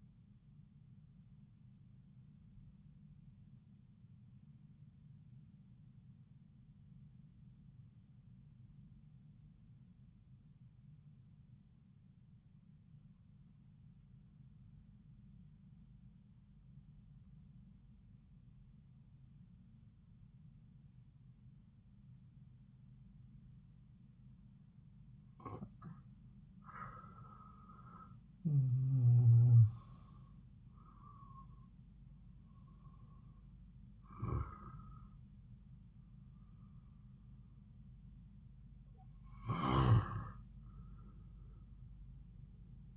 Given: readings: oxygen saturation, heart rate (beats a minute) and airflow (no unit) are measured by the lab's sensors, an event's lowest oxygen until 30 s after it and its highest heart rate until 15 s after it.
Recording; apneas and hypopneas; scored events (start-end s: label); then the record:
breathing in sleep by a smartphone at the bedside; 1
3.00-27.00 s: obstructive apnea (N2, oxygen 96% highest, then 83% lowest)
From the record:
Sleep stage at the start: N2 (light sleep); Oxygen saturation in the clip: 85 to 96%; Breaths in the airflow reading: 4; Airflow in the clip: -7.5 to 7.6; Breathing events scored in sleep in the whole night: 270 in 6.1 hours asleep